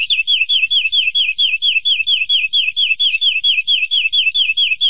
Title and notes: Suara Burung Kenari